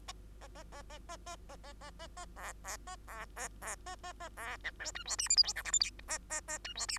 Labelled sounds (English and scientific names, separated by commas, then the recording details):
Bengalese Finch (Lonchura striata domestica) song
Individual Bird2